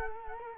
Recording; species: mosquito wingbeat signal from an infrared sensor; Culex quinquefasciatus